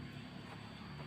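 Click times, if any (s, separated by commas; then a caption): none. While servicing the petrol engine of an Innova, a plastic wiring connector (socket) is being pushed by hand onto its engine component (coil or sensor), where it must click in rather than just loosely fit. Only a steady, even background noise is heard, with no sharp sound. Nothing has seated or clicked yet.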